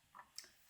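A plastic part of a coding-robot kit is moved around and pushed into its mating clip on the robot frame, giving a soft, muffled contact sound around 0.2 s. A short, bright click follows at 0.4 s as the part clips into place and is seated.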